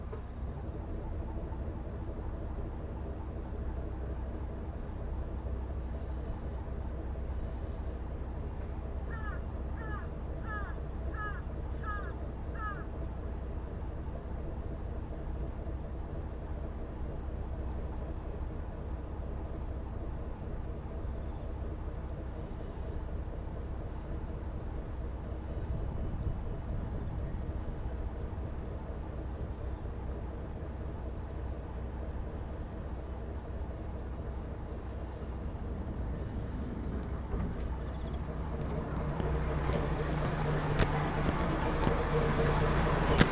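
A Tarumi Railway train runs from Morera Gifu toward Tarumi, with a steady low rumble of engine and wheels throughout. A quick run of short chirping tones comes at about 9 to 13 seconds. Near 38 seconds the noise swells louder and brighter, with a high whine.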